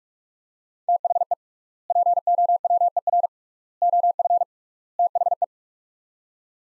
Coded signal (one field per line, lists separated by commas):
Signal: Morse code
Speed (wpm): 44 wpm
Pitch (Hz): 700 Hz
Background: none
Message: THE POWER OF THE